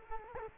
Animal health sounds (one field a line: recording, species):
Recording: mosquito wingbeat signal from an infrared sensor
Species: Culex quinquefasciatus